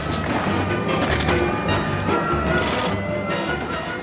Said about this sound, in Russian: Разогнавшись до предельной скорости, тяжелый грузовик ломает ворота воинской части. Бешеная толпа врывается на территорию части.